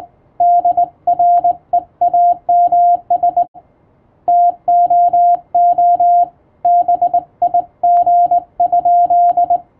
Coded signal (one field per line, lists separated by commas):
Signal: Morse code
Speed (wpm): 21 wpm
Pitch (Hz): 700 Hz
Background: radio noise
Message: DREAMS TOO BIG?